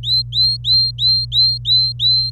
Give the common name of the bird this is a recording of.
Domestic Canary